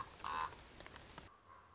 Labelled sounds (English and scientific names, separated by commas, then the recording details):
Common Raven (Corvus corax)
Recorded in Sonoma County, California